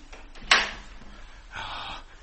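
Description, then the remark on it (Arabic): A woman opens a door at the end of a hall: a sharp click of the latch, then a brief pause and a short, rough scraping swing lasting about half a second. No voices. “إنها تفتح الباب في آخر القاعة.”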